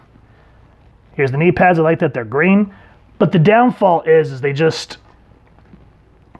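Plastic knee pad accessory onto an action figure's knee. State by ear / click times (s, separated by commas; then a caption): seated / 6.4 s. A small green plastic knee pad accessory is fitted onto the knee of a DC Multiverse Damian Wayne Robin action figure by Mattel. Someone talks from about 1.2 to 4.9 s, then after a quiet stretch with faint ticks near 5.5 and 5.6 s, the pad clicks into place with a sharp short hit at 6.4 s. The pads tend to fall off when the figure is handled.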